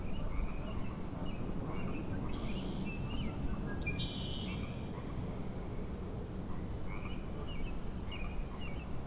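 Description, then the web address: Frog chorus of brief chirped notes repeated irregularly at the start and end, with a few higher tonal sounds in the middle and constant low background noise. Frog chorus at Grafton Lake, recorded 3 May 2009. "The Frog Chorus Tunes Up On Grafton Lake"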